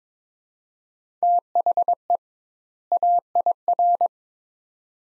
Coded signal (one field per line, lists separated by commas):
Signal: Morse code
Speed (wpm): 23 wpm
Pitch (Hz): 700 Hz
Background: none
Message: THE AIR